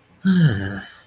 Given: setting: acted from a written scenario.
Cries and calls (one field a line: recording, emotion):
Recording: vocal sound without words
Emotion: serenity